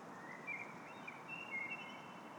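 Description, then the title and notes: Common blackbird song: a few soft whistled phrases drifting around one pitch over steady background hiss. At Christmas time at Årstadal. "The Christmas Blackbird at Årstadal by pelles"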